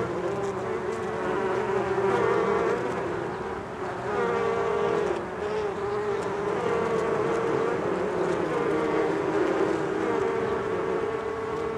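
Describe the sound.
Bee buzzing, a steady low hum whose pitch wavers slightly, with a short dip in loudness midway.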